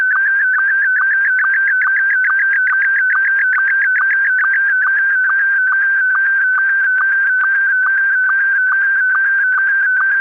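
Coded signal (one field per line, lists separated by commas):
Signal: SSTV (slow-scan television)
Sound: steady mid-pitch whine with fast regular chirping blips and a faint warble throughout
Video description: I have included SSTV Audio Examples for you to test with.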